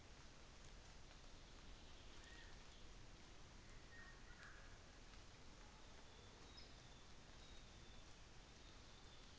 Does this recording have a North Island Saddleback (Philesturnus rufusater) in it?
no